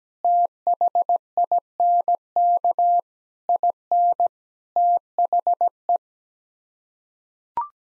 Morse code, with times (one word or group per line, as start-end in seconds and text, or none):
0.2-3.0 THINK
3.5-4.3 IN
4.8-6.0 THE